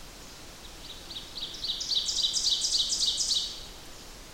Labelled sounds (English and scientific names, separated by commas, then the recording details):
Ovenbird (Seiurus aurocapilla) song
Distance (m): 20 m
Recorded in boreal forest in Alberta, Canada, on 8 June 2016 at 05:42
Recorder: SongMeter 3, array SBT-3-9
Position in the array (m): 51 m, 107 m
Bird 33